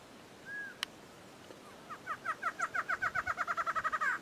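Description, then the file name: Barred antshrike song, with a short whistle and a sharp click first, then a nasal rattle of notes that quickens steadily. "Canto do choca barrada"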